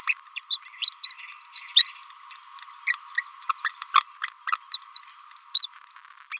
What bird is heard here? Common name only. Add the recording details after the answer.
Green-rumped Parrotlet. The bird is a male. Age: 30 days. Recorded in a nest box in Venezuela. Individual 17B31A1